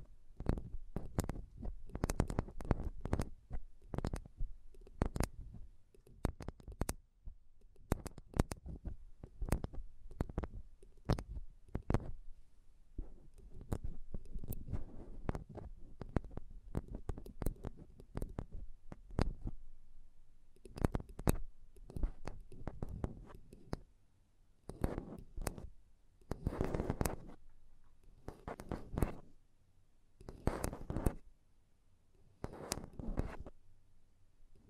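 Intense mic tapping and scratching, with sharp taps landing in quick irregular bursts across all 35 seconds. Dull, thumping low tones sit under each hit, and softer scratchy stretches fill the gaps, especially around 13–20 seconds. A few brief pauses break the activity near 24 and 32 seconds.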